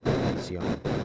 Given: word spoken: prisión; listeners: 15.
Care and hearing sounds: one Spanish word in noise, from a listening test; noise modulated by one talker; -7.2 dB; 1 of 15; 8 of 15; 0.65 s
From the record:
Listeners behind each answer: 8, 1, 1, 1, 1, 1, 1, 1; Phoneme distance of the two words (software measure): 34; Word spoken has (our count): 2 syllables, 7 phonemes, stress on syllable 2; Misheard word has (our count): 2 syllables, 7 phonemes, stress on syllable 2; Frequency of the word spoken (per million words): 51.48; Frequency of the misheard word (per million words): 49.58

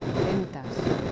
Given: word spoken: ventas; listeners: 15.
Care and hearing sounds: one Spanish word in noise, from a listening test; noise modulated by three-talker babble; -4.3 dB; 1 of 15; 8 of 15; 0.72 s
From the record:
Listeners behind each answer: 8, 2, 2, 1, 1, 1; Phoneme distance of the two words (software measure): 10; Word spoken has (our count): 2 syllables, 6 phonemes, stress on syllable 1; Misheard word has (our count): 2 syllables, 6 phonemes, stress on syllable 1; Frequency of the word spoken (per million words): 45.53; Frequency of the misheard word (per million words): 3.46

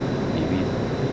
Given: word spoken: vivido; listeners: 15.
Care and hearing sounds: one Spanish word in noise, from a listening test; speech-shaped noise; -4.2 dB; 1 of 15; 12 of 15; 0.72 s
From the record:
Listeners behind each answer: 12, 1, 1, 1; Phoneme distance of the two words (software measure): 17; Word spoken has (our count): 3 syllables, 6 phonemes, stress on syllable 2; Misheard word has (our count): 2 syllables, 5 phonemes, stress on syllable 2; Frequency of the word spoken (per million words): 32.54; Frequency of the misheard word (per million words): 123.34

